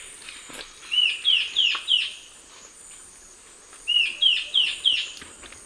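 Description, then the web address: Peruvian warbling antbird calling: two bursts of four quick, rising, slurred whistled notes about three seconds apart, over a steady high hum. Call; eastern lowlands of South America. "Natures Songs S America Eastern Lowlands. Hypocnemis peruvianus, call"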